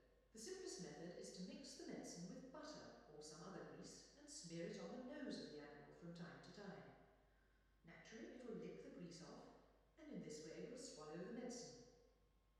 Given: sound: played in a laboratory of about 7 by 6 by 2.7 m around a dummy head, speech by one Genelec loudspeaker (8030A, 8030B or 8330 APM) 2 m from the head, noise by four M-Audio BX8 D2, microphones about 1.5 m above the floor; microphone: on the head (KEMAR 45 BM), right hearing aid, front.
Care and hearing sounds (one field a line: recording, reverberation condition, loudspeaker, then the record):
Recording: female speech in English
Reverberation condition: high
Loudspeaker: 30 degrees to the left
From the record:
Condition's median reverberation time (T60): about 1300 ms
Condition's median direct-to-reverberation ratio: about -4.0 dB